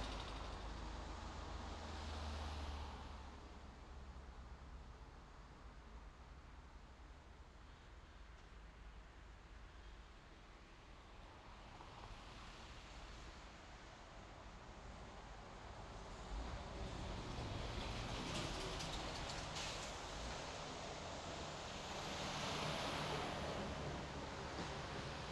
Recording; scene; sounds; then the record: everyday scene through a hearing-aid microphone; in traffic; traffic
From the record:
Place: main road on the outskirts, rush hour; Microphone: in the ear canal, left